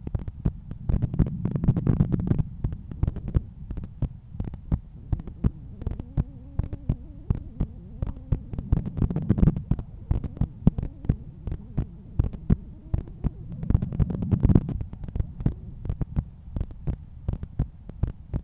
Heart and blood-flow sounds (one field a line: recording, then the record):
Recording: heart sounds by stethoscope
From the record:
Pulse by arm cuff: 86 bpm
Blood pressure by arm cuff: 138/86 mmHg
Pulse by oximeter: 83 bpm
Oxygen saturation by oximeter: 97%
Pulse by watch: 99 bpm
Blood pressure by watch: 123/80 mmHg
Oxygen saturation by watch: 95%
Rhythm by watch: sinus rhythm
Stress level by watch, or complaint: low stress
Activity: after 5 min smoking and coffee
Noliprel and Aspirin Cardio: after pills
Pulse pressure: 52 mmHg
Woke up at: 7:30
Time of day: 8:57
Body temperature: 36.4 C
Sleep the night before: 8 h 32 min, score 78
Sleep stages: REM 32%, light 50%, deep 12%, awake 6%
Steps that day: 9500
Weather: sunny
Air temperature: 15.6 C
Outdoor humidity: 83%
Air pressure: 1014 hPa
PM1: 15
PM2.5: 19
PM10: 35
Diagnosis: hypertension, treated with Noliprel and Aspirin Cardio 100 mg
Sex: male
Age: 53 years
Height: 174 cm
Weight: 81 kg